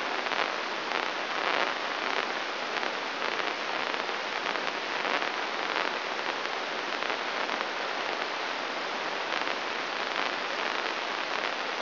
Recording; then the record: brain microelectrode recording played as sound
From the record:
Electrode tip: inside the subthalamic nucleus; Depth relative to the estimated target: -1 mm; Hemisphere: right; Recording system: AlphaMap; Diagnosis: Parkinson's disease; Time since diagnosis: 24 years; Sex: male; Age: 67 years